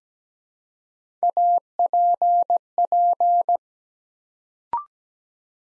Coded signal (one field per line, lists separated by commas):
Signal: Morse code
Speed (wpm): 17 wpm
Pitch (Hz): 700 Hz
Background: none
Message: APP